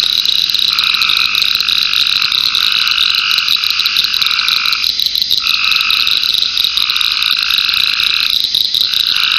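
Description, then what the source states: Frogs croaking in drawn-out buzzy trills with brief gaps, over a dense shrill insect chorus with fast ticking. Frogs in ponds near a pond in a forest wildlife management area, with crickets and cicadas.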